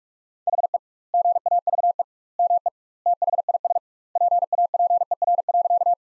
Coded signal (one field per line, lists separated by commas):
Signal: Morse code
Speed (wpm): 42 wpm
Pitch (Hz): 700 Hz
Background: none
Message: HE GAVE ME THIS PAPER.